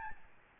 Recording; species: mosquito wingbeat signal from an infrared sensor; Aedes albopictus